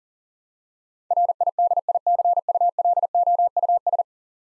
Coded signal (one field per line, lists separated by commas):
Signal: Morse code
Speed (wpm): 40 wpm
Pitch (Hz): 700 Hz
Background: none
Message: RIDICULOUS